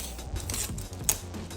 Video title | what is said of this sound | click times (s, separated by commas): My First PC Build Off Tha Trap Phone💀 | make sure it clicks and it's aligned right | 1.1 s